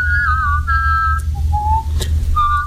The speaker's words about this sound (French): Et le truc, c'est que juste après, en fait, il nous montre qu'il s'est sifflé deux notes en même temps. Donc, ça, c'est normal. Deux notes en même temps, le mec.